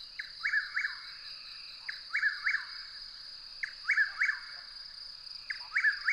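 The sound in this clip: Bird song: short runs of three downward-sweeping chirps repeated roughly every two seconds against a constant high buzzing tone.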